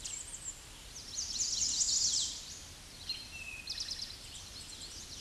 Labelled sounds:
Eastern Towhee song
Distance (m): 15 m
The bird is about 5 m above the microphone
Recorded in a Pennsylvania forest on 16 May 2024 at 08:21
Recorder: AudioMoth, point MSD-2074
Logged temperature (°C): 16.3 °C
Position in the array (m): 169 m, 190 m

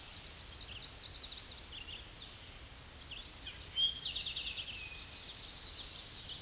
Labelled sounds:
Tennessee Warbler song
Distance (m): 35 m
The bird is about 15 m above the microphone
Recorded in a Pennsylvania forest on 16 May 2024 at 08:28
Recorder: AudioMoth, point MSD-2040
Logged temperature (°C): 15.3 °C
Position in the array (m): 66 m, 165 m

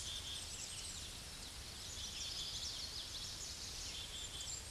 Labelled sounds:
Common Yellowthroat song
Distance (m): 35 m
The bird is about 10 m above the microphone
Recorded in a Pennsylvania forest on 16 May 2024 at 08:23
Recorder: AudioMoth, point MSD-2429
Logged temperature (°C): 16.7 °C
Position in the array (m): 78 m, 99 m

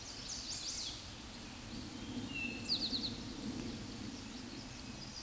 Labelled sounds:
Eastern Towhee song
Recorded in a Pennsylvania forest on 16 May 2024 at 09:47
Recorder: AudioMoth, point MSD-2142
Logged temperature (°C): 16.7 °C
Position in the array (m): 3 m, 44 m

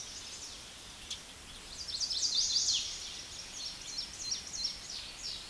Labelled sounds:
Chestnut-sided Warbler song
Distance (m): 15 m
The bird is about 10 m above the microphone
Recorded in a Pennsylvania forest on 16 May 2024 at 08:51
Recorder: AudioMoth, point MSD-1295
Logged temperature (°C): 13.7 °C
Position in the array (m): 200 m, 85 m

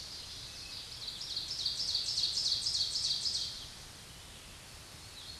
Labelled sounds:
Ovenbird song
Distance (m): 40 m
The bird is about 10 m above the microphone
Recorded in a Pennsylvania forest on 16 May 2024 at 06:45
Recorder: AudioMoth, point MSD-1338
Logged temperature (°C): 12.6 °C
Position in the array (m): 81 m, 28 m

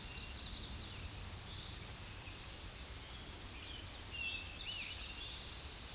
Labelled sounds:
Eastern Towhee song
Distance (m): 35 m
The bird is about 10 m below the microphone
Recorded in a Pennsylvania forest on 16 May 2024 at 09:48
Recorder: AudioMoth, point MSD-1893
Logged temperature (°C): 16.6 °C
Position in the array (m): 3 m, 44 m

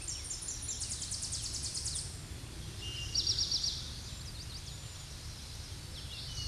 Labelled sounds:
Eastern Towhee song
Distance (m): 35 m
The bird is about 10 m above the microphone
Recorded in a Pennsylvania forest on 16 May 2024 at 07:37
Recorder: AudioMoth, point MSD-2320
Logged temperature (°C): 12.8 °C
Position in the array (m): 181 m, 181 m

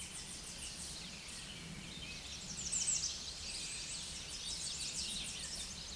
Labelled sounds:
American Redstart song
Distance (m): 30 m
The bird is about 10 m above the microphone
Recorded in a Pennsylvania forest on 16 May 2024 at 06:53
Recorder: AudioMoth, point MSD-0383
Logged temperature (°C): 15.3 °C
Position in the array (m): 119 m, 203 m

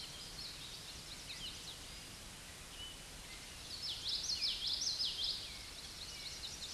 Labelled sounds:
Common Yellowthroat song
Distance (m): 25 m
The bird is about 5 m below the microphone
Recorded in a Pennsylvania forest on 16 May 2024 at 07:57
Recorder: AudioMoth, point MSD-1418
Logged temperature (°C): 16.4 °C
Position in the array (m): 232 m, 176 m

